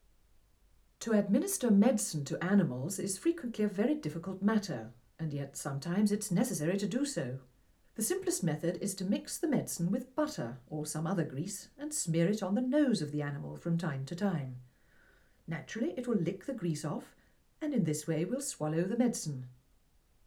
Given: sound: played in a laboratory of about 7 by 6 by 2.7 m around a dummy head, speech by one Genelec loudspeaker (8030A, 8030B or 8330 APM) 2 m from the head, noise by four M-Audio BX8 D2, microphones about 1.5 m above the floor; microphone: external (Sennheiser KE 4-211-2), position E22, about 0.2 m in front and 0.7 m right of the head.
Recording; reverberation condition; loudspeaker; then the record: female speech in English; low; 120 degrees to the right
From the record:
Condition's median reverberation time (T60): about 310 ms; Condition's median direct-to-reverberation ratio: about 3.5 dB